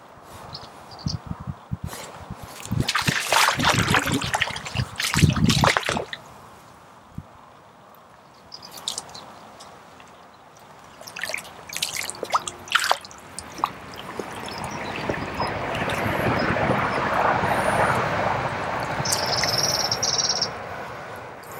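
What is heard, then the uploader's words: Water moves along an English chalk stream during a Tenkara fishing session, with bursts of splashing and rustling in the first six seconds and again around twelve seconds. The flow then swells into a steady, rushing wash, and a brief high whine appears near nineteen seconds. A day out fishing with my new Tenkara Rod on a English Chalk Stream.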